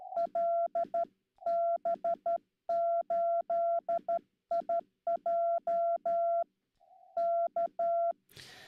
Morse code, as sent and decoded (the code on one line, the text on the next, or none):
.-.. -... ---.. .. .--- / -.-
LB8IJ K